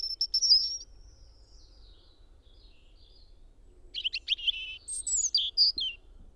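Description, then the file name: European robin song: a thin, high whistled note sliding slowly down, a pause, then a burst of quick, varied, sparkling high notes and trills. "Erithacus rubecula"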